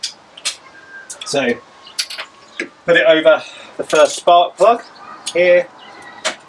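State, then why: Not seated. A spark plug socket with a rubber grommet inside is being placed over the first spark plug of a classic Fiat 500 / 126 engine, with a few short metallic clinks and knocks of handling while someone talks. The socket has not yet been pushed home, and nothing has seated or clicked yet.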